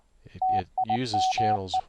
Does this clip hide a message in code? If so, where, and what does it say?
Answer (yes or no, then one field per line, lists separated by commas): yes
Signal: Morse code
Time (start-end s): 0.4-1.8 s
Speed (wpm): 20 wpm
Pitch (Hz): 750 Hz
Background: speech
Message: TIME